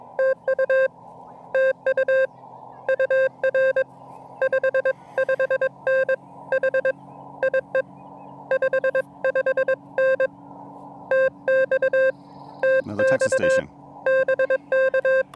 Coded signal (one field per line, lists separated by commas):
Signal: Morse code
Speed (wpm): 22 wpm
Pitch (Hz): 1600 Hz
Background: none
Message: TU TU UR 55N HIE 55N TX TX BK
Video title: When Plans Change: A Relaxing "Plan B" QRP POTA Activation at Lake James State Park!